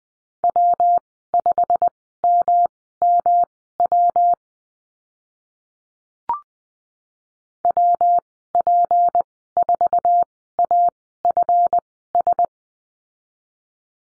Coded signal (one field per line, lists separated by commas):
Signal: Morse code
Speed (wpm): 20 wpm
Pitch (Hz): 700 Hz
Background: none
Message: W5MMW WP4AFS